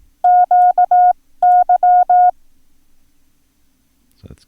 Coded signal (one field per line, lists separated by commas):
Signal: Morse code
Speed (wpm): 18 wpm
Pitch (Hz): 720 Hz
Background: none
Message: QY